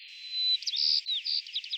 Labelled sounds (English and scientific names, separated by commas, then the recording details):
White-crowned Sparrow (Zonotrichia leucophrys) song
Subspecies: nuttalli
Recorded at San Simeon, California, in 2014
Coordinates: 35.673, -121.283
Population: south
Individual SANS_maleK